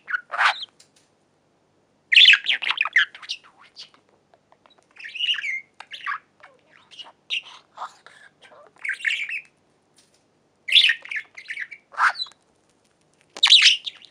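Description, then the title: Budgerigar squawks and scratchy chirps in scattered bursts separated by short silences. "Budgie Sounds"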